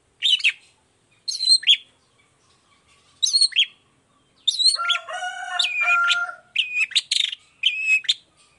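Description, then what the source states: Long-tailed shrike song: separate sharp chirps, then a long, nasal, buzzy phrase followed by quick whistled notes. Chatty (gacor) long-tailed shrike singing in the morning with the 'toet toet' variation; clear voice, full variation, easy for any shrike to imitate.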